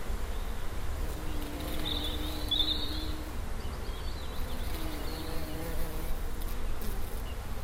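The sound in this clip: Bee buzz, a steady low drone, with faint bird chirps and low rumble.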